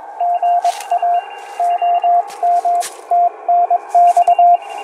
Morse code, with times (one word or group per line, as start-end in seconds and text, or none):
0.2-1.2 GA
1.6-2.8 OM
3.1-4.6 TNX